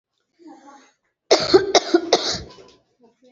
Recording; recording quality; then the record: heavy voluntary cough; excellent, no background noise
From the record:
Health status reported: recovered from COVID-19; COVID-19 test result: positive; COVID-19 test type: RT-PCR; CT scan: not taken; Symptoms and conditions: cough, sore throat, fatigue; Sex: female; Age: 33 years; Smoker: no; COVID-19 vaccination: both doses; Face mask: worn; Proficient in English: yes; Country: India